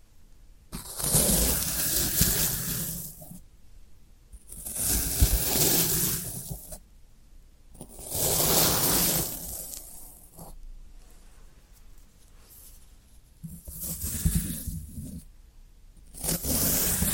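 Floral foam being handled in repeated bursts of crumbly, gritty scraping and crunching, each lasting about one to three seconds. Five or six bursts come at irregular intervals, separated by near silence, with rustling detail from low thuds up to bright crackle.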